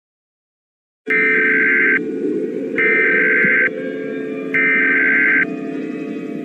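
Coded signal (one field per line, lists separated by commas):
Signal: Emergency Alert System (SAME) tones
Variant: header bursts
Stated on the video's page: Fictional EAS scenario, remastered in higher quality.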